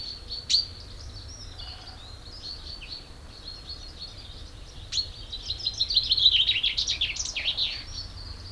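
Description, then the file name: Common chaffinch singing: a couple of sharp chips, then a dense rush of quick notes building to a loud phrase near the end. "Fringilla coelebs"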